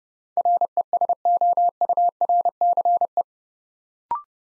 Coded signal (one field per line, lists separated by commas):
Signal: Morse code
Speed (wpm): 28 wpm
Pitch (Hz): 700 Hz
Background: none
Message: RESOURCE